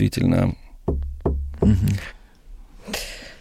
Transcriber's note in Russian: стучит по чему-то деревянному